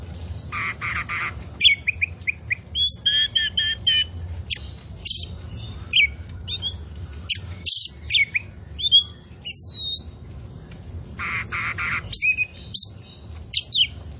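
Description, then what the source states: Oriental magpie-robin song: bursts of buzzy, harsh notes alternate with sharp whistled and rising phrases, delivered in rapid irregular snatches with brief pauses, over a low steady hum. Indonesian "kacer poci" form of the Oriental magpie-robin, described as "gacor", meaning singing vigorously and continuously.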